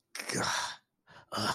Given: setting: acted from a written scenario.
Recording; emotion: vocal sound without words; shame